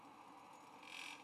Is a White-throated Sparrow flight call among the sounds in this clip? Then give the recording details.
no. No flight call is heard. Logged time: 09:24 on 20 November 2014